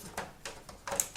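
Someone pushes on the bottom dust filter of a Phanteks Enthoo Mini XL PC case to release it, producing a few soft handling knocks and then a sharp click at 1.0 s. The filter clicks but does not pop out and stays in place.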